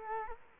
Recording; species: mosquito wingbeat signal from an infrared sensor; Culex quinquefasciatus